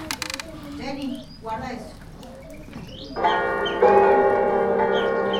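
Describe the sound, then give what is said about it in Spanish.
Bells ring out loudly with rich, sustained metallic tones, a second strike layering over the first, after a stretch of soft children's voices and rustling. “¿Es un piano o son campanas? Campanas.”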